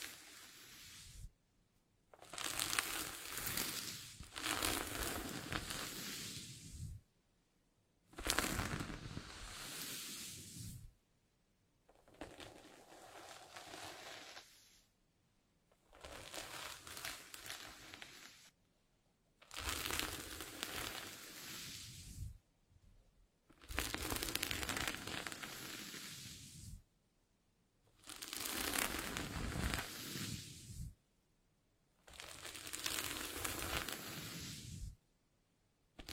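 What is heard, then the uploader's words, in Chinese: Hair being gently combed, in slow strokes of about two to three seconds, roughly nine across the clip. Each pass is a bright, bristly rustle with a fine crackle, separated by brief near-silent pauses. The rhythm stays steady throughout. 温温柔柔梳头发。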